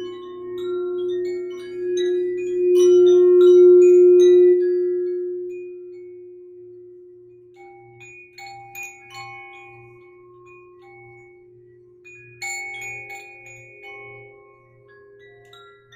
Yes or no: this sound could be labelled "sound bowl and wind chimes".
yes